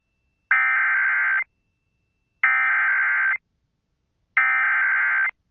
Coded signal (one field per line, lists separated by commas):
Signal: Emergency Alert System (SAME) tones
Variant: header bursts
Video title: EAS Captures: SVR For Sherman County KS